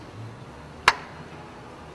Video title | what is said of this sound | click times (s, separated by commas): Citroen SM Distributor Service, | clockwise until it snaps down in place | 0.9 s